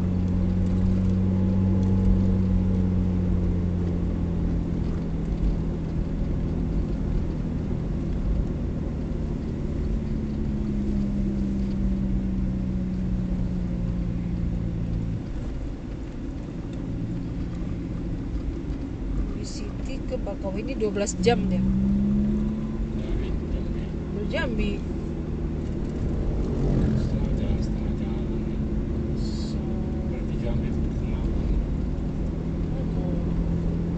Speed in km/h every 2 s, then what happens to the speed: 48, 49, 43, 42, 39, 35, 33, 30, 29, 30, 30, 38, 41, 39, 38, 38, 41.
2-15 slows to 29. 15-20 steady at about 30. 20-23 speeds up to 41. 23-30 steady at about 38.